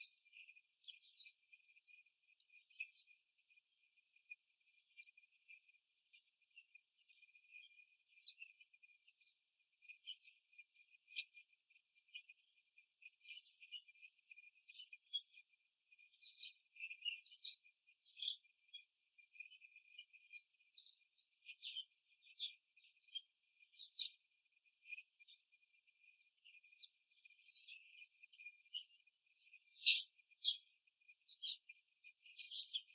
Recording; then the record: young laying hens in a cage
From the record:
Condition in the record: before the stressor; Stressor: simulated dog barking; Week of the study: 3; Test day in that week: 1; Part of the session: 1